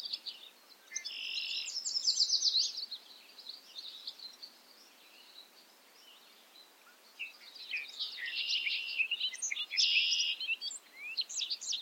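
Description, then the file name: Bobolink song in two rollicking bursts of rapid, tinkling, metallic notes separated by a quieter gap of a few seconds. Recorded at Ferme Beauchamp. "A bobolink talks to you from Ferme Beauchamp"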